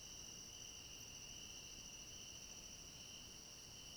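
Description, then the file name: Cricket chorus producing an unbroken high-pitched trill, level and steady, with light background hiss. Chorus of crickets at night. "Coro de grilos a noite com cachorro longe"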